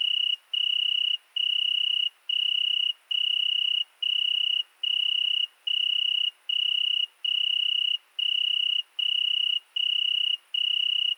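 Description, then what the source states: Italian tree cricket trilling in even phrases lasting almost a second, each broken by a quick pause, around fourteen repeats, steady and uninterrupted against a quiet night background. Single cricket singing at night, 22:30 on 13 August 2020 at Fourcinet ValMaravel, settled two nights in Virginia creeper under a window; recorded with Nagra Seven and MKH40 cardioid microphone.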